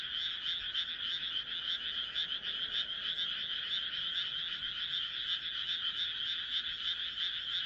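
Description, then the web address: Frogs calling in a dense chorus, a steady high rattling trill of rapid overlapping pulses that never pauses throughout. "kaeru kaeru"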